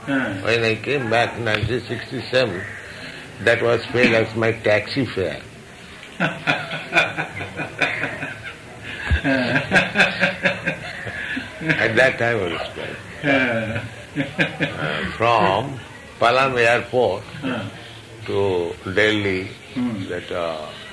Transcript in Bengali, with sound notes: When I came back in 1967, that was spent as my taxi fare [laughter]. At that time it was spent. From Palam airport to Delhi, that